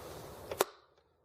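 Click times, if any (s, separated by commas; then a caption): 0.6 s. Inside an opened Brother XL 3750 sewing machine, a small metal clip or spring part is pushed down into the mechanism with the tip of a screwdriver; it snaps into place when set at the right length. A sharp snap is heard at 0.6 s over a low background hum, and the clip is seated.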